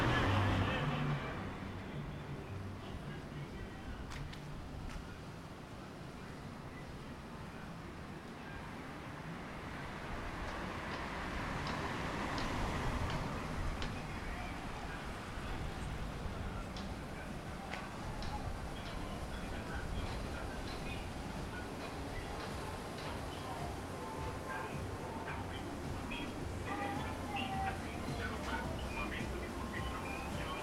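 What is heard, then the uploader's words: Walking around Willemstad, Curaçao: a steady low rumble of traffic with scattered voices and brief clatters, swelling slightly around twelve seconds. Walking Around Willemstad Curacao.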